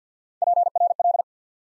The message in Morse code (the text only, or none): PRL